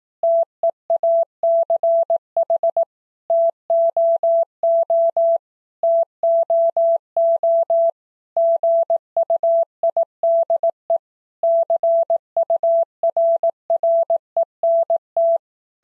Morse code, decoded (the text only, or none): TEACH TOO TOO GUIDE CURRENT